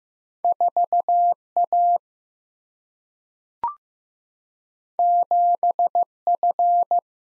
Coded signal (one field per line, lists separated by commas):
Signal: Morse code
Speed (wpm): 15 wpm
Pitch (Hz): 700 Hz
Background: none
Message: 4A 7F